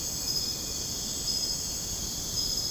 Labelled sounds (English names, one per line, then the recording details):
none
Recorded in dense forest near Puerto Asís, Putumayo, Colombia, on 29 June 2025 at 03:00
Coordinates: 0.486, -76.317
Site G065